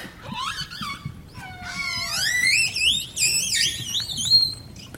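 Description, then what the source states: Orca whistles: several overlapping tonal whistles, rising, falling and wavering in pitch, some rich with harmonics. Orca whistles, which are characteristic of populations that have different dialects.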